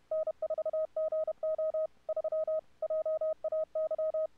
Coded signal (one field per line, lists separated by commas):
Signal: Morse code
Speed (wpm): 31 wpm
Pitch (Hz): 620 Hz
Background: none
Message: N4GO 3 JAY